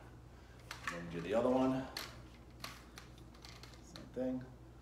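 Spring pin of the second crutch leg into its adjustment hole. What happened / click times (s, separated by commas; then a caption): Parts handled, nothing seated yet / none. Someone handles the second crutch, adjusting its leg so the spring pin lines up with its adjustment hole, while someone talks. Several short, sharp taps and clicks of handling are heard. Nothing has seated or clicked into place yet.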